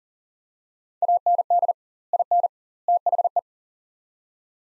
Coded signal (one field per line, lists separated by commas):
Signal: Morse code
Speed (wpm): 40 wpm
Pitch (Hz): 700 Hz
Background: none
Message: AND IN THE